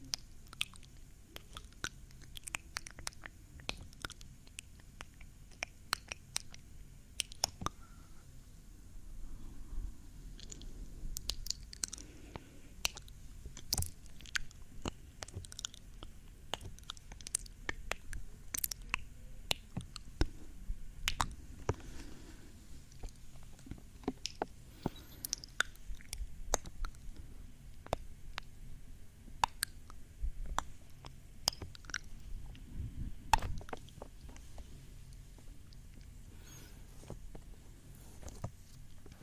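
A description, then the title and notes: Up close, a run of kisses: short, wet smacking clicks that pop out of a low steady murmur of breathing, arriving irregularly every half second or so throughout. Some smacks are sharper and louder, especially near the middle and around thirty-three seconds. ASMR 3dio kisses breathing, up close.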